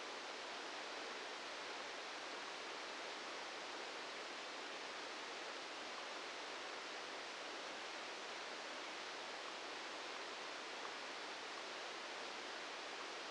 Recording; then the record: brain microelectrode recording played as sound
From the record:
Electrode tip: outside the subthalamic nucleus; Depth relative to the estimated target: -4 mm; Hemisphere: right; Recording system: NeuroSet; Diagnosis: Parkinson's disease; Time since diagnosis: 10 years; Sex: male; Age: 56 years